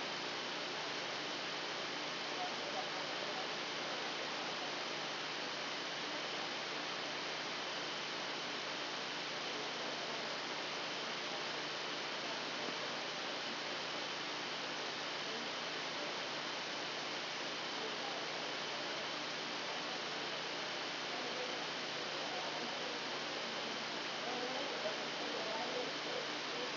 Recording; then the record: brain microelectrode recording played as sound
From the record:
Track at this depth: outside the subthalamic nucleus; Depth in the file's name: 0.913 mm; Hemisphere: left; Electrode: 2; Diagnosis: Parkinson's disease